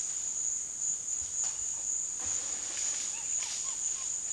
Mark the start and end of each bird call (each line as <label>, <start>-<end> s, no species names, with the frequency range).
bird call (0.5-1.4 kHz), 3.08-4.08 s